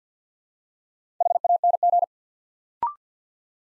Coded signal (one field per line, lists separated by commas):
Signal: Morse code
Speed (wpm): 50 wpm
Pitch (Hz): 700 Hz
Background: none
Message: HANG